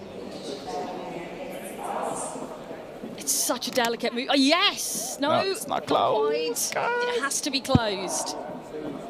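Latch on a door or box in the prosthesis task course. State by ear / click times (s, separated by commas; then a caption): not seated / none. An arm prosthesis user works the latch on a door or box in a prosthesis task course, a race task that requires it to be closed, while someone talks throughout over a background murmur. A brief sharp knock is heard near 7.7 s, but the latch has not clicked closed or seated yet.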